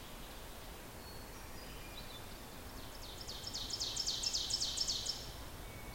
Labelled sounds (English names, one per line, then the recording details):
Ovenbird song
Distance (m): 70 m
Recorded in boreal forest in Alberta, Canada, on 14 June 2016 at 05:35
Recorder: SongMeter 3, array SBT-3-33
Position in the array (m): 118 m, 23 m
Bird 21